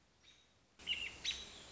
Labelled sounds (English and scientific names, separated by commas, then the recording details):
American Robin (Turdus migratorius)
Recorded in Sonoma County, California